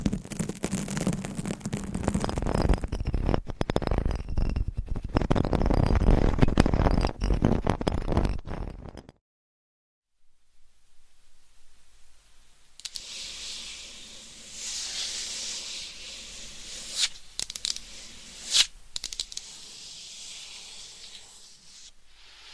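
Scratching and rubbing on a microphone cover, loud and dense for the first nine seconds with rough crackling clicks and a low hum underneath. The sound cuts to near silence for about four seconds, then returns softer and brighter, a hissy scraping with a few sharp scratches near 17 and 19 seconds.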